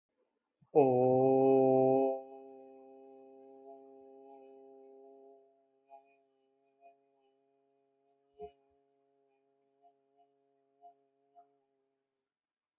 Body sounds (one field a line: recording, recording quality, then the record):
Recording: sustained vowel as in boot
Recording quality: excellent, no background noise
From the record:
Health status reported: healthy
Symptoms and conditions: none ticked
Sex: male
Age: 47 years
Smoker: not ticked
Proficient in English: yes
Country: India